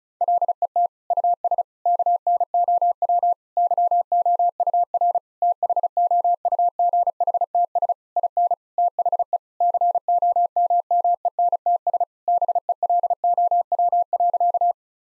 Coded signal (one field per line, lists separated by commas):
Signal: Morse code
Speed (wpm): 36 wpm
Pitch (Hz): 700 Hz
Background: none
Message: LET US KNOW YOUR THOUGHTS IN THE COMMENTS BELOW.